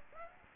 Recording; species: mosquito wingbeat signal from an infrared sensor; Aedes aegypti